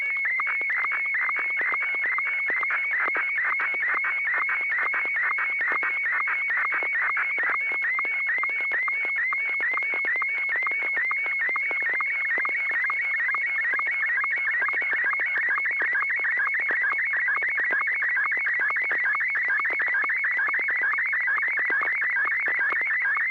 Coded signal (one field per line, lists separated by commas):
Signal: SSTV (slow-scan television)